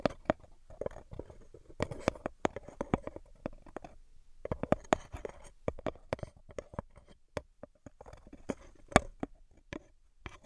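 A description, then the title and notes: Quick, irregular tapping fills the clip, crisp clicks landing in clusters with brief pauses, one near the four-second mark. Sounds are dry, with faint scraping and rustling between taps and a few sharper, louder hits around nine seconds. ASMR Brain Penetrating 3D Tapping (No Talking).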